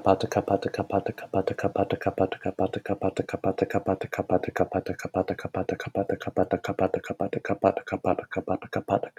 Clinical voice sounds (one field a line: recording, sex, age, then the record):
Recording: repeated syllables /pa ta ka/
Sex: male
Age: 20 to 29 years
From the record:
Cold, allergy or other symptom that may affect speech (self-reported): no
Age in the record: 23 years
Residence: Ohio, United States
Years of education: 16